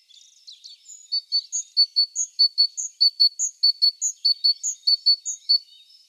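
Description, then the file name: Great tit calling in bright, ringing three-note phrases, one high note then two lower ones, repeated about every 0.6 seconds; soft at first, loud after one second. "Parus major"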